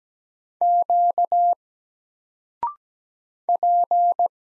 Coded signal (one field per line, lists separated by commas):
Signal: Morse code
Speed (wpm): 17 wpm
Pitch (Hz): 700 Hz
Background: none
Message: Q P